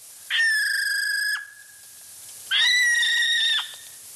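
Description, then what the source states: Okarito brown kiwi calling with two shrill, drawn-out whistles, each about a second long and fairly level, separated by a pause of about a second. Played call from New Zealand, described as an unsettling sound.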